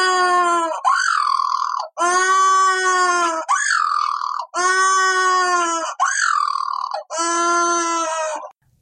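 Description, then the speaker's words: White-flippered penguin display call: loud harsh braying phrases alternating with rising, wailing notes, repeated over about nine seconds, ending abruptly. Male's triumph display; a penguin prone to many fights. "that sound is part of the triumph display of the male white flippered penguin."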